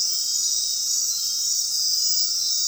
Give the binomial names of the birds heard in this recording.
none